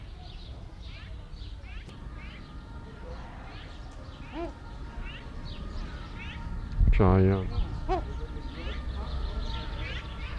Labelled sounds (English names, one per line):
Southern Screamer call